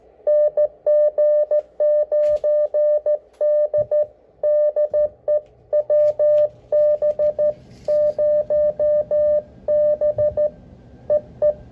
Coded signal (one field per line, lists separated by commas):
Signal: Morse code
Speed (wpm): 14 wpm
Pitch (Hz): 600 Hz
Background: none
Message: NG9D DE WB0B EE